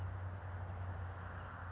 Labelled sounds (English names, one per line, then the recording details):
California Towhee
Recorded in Sonoma County, California